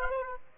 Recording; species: mosquito wingbeat signal from an infrared sensor; Aedes aegypti